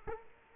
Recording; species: mosquito wingbeat signal from an infrared sensor; Culex quinquefasciatus